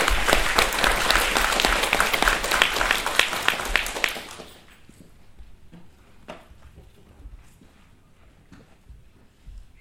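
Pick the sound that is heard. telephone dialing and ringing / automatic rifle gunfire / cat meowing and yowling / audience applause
audience applause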